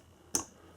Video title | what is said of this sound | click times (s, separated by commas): changeing a high mount 3rd brake light on a gmc canyon maxwellsworld | pushing it on in. You'll hear it snap, | 0.3 s